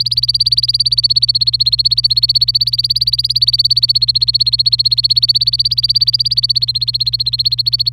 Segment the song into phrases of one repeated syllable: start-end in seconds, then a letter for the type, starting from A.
0.00-7.89 A